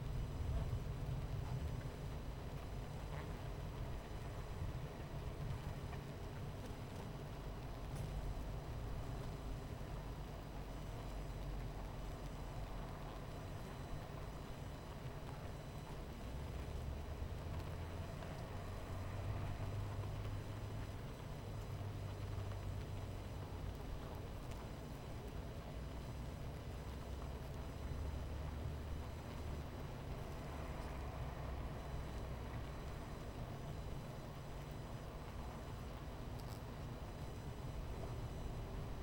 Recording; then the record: honeybee colony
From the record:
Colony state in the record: missing queen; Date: 14 July 2017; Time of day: 11:16